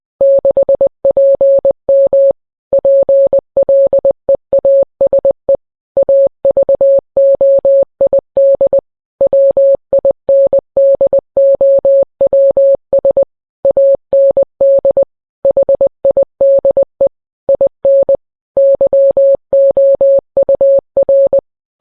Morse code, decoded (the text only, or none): 6PM PLEASE AVOID WINDOWS AND HIDE IN YOUR